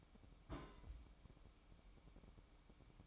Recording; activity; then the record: daily activity, microphone in the room; place on stove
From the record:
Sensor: 1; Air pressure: 1008.0 hPa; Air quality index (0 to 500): 129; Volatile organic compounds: 2 ppm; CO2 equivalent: 1087 ppm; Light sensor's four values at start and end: 9/20/8/9 and 9/20/8/9